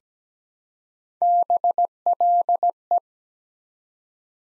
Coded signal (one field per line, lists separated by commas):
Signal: Morse code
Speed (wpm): 17 wpm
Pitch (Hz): 700 Hz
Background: none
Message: BLE